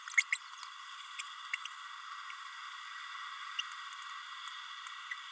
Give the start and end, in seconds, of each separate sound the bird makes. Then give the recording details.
0.17-0.23. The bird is a female. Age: 30 days. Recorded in a nest box in Venezuela. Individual 17B32A7